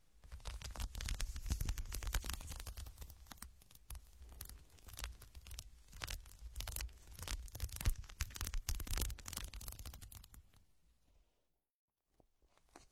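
Ear scratching: dense, rapid scraping and crackling rubs through ten seconds, then near silence with a few faint clicks near the end.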